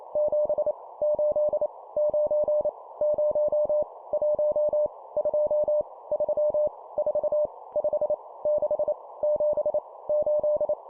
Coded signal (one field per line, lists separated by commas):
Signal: Morse code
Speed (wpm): 28 wpm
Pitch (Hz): 600 Hz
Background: none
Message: 7 8 9 0 1 2 3 4 5 6 7 8